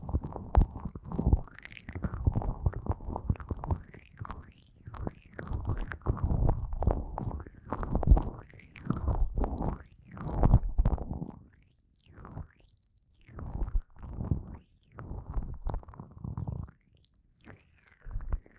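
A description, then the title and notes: Squelchy rubbing sounds of an ear massage with cream, coming in fast, dense bursts of wet friction. The strokes are mostly low and muffled, with brief pauses around the middle and later, and occasional soft, breathy whisper-like hisses. ASMR Fast & Intense Ear Massage wCream (No Talking).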